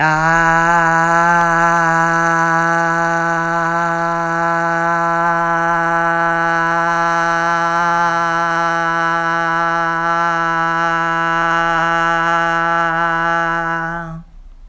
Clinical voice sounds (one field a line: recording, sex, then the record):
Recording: sustained vowel /a/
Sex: female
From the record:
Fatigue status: no fatigue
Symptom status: asymptomatic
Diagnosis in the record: COVID-19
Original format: m4a